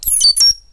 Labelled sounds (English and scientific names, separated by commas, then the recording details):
Stitchbird (Notiomystis cincta) song
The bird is a male
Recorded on Tiritiri Matangi Island, New Zealand, in 2005
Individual 7, of nest box 9